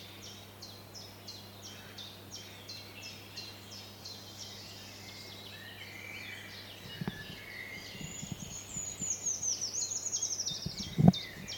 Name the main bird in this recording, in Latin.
Regulus ignicapilla